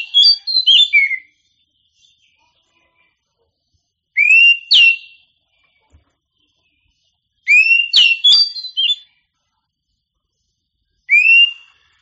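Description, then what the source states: Oriental magpie-robin song of sweet upslurred whistles and quick slurred notes in four short bursts separated by pauses. Champion songbird.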